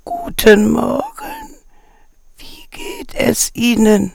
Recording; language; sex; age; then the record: spoken sentence; German; female; 50 to 59 years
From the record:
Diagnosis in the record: recurrent laryngeal nerve paralysis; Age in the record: 53 years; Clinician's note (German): Kompensierte, alte